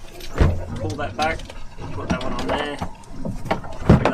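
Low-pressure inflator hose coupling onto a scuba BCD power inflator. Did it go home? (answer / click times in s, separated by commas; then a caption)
yes / 4.0 s. Someone talks while a diver pulls back the sleeve of the metal quick-disconnect on a low-pressure power inflator hose and pushes it onto the inflator nipple of a scuba BCD power inflator. A small click is heard at 4.1 s as the coupling seats onto the BCD inflator.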